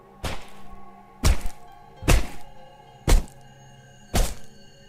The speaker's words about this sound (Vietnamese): Một hồi chúng nó bắt đầu nghiến răng nghiến lợi mà chặt cái xương sống, làm rất thuần thục.